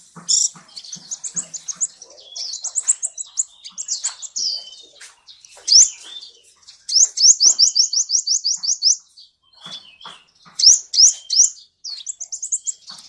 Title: Suara Kolibri Ninja Pilihan MERDU, JELAS DAN LANTANG Cocok Dijadikan Masteran Burung Anda